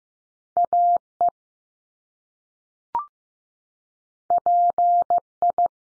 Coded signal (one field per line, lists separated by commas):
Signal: Morse code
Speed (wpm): 15 wpm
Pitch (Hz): 700 Hz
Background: none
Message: A E P I